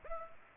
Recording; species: mosquito wingbeat signal from an infrared sensor; Culex pipiens